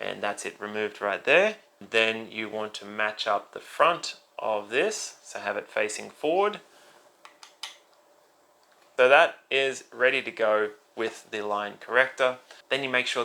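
Someone talks while fitting a Tru Face line-corrector head, lined up facing forward, onto the plastic handheld galvanic facial device after the large face head was removed with the release button. In a pause in the talk, small plastic clicks at 7.3 s and 7.4 s are followed by a louder snap at 7.6 s as the head seats.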